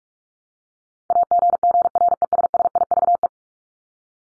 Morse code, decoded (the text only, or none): AGGRESSIVE